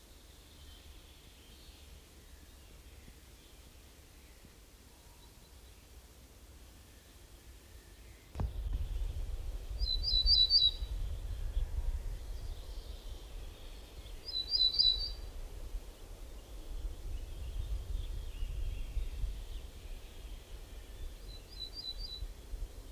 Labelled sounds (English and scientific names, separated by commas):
Ortolan Bunting (Emberiza hortulana) song